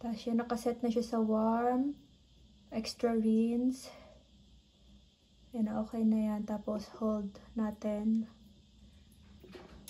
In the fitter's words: Ayan. Guys, nag-start na. Nag-ano na siya, nag-lock na yung kanyang lid.